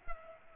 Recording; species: mosquito wingbeat signal from an infrared sensor; Culex pipiens